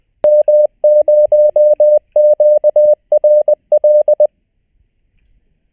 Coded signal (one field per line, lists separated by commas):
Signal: Morse code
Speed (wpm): 20 wpm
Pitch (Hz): 600 Hz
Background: none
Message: M0QRL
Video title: Learn Morse: Homework 4